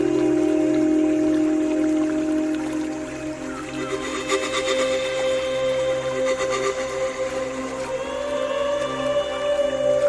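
A pan flute plays long, held notes over a steady low drone. From about four to seven seconds a shimmering, rippling texture swells around the tones, then fades as the melody shifts to a higher held note near eight seconds.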